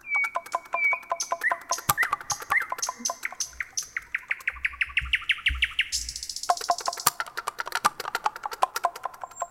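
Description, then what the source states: Nightingale singing a varied phrase: drawn-out whistles, a rapid rising run of notes, a high buzzy burst, then quick clipped chirps. Heard in cities.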